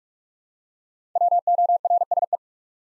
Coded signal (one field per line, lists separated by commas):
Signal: Morse code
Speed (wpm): 44 wpm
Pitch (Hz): 700 Hz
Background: none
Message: WORSE